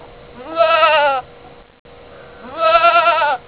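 Nubian goat bleating: two long, wavering bleats, each under a second, separated by a pause of just over a second.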